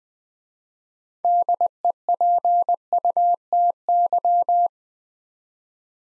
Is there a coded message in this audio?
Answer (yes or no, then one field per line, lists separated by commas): yes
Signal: Morse code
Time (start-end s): 1.2-4.7 s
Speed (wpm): 20 wpm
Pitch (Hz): 700 Hz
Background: none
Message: DEPUTY